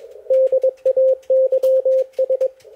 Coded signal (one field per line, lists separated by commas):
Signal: Morse code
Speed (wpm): 21 wpm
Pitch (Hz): 520 Hz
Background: none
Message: DAYS